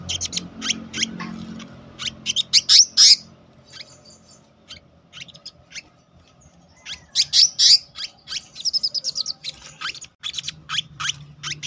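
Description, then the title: Selendang biru song in two bursts of sharp, high chirps and whistled notes, separated by a quiet pause of several seconds. Continuous rolling song style called gacor ngeroll, with isian. "BURUNG SELENDANG BIRU GACOR NGEROLL ISIAN"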